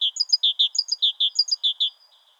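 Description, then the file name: Great tit song: a short burst of clear, high phrases repeated several times. "Parus major"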